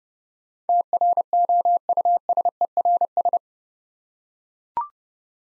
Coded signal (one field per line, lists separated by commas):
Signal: Morse code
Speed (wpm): 30 wpm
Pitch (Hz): 700 Hz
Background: none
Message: TROUSERS